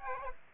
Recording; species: mosquito wingbeat signal from an infrared sensor; Aedes aegypti